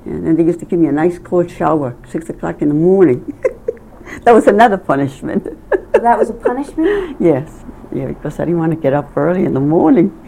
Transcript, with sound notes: And they used to give me a nice cold shower, six o'clock in the morning. That was another punishment. (laughing)
That was a punishment.
Yes. Cause I didn't want to get up early in the morning.